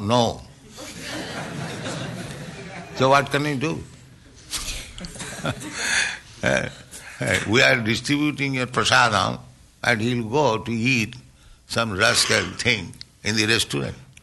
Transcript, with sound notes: "No." So what can we do? [laughs] We are distributing you prasādam, and he will go to eat some rascal thing in the restaurant.